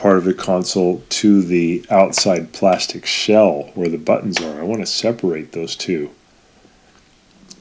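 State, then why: Released. Someone talks while working on a Bosch dishwasher console, explaining how to separate its metal frame from the outside plastic shell that holds the buttons. After the talking stops there is a quiet stretch, then the plastic retaining tabs are pressed in and give a short, sharp click at 7.5 s as they release.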